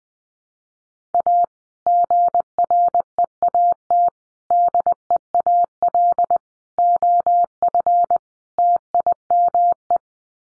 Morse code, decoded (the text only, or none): A GREAT DEAL OF TIME